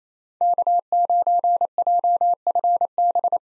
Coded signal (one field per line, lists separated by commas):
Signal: Morse code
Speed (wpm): 27 wpm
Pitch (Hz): 700 Hz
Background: none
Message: K9JFB